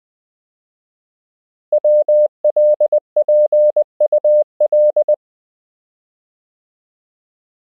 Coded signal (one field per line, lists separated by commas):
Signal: Morse code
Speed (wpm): 20 wpm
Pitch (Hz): 600 Hz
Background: none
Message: WLPUL